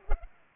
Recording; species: mosquito wingbeat signal from an infrared sensor; Culex pipiens